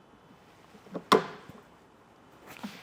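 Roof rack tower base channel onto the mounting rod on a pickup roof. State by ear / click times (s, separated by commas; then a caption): seated / 1.1 s. The two channels of a Rhino-Rack Vortex roof rack tower base are lined up with the metal rod on the roof of a 2022 Ram 1500 pickup and pushed together. After a softer knock just before, a sharp, loud click rings out at 1.1 s as the tower seats onto the rod, followed by faint handling taps near the end.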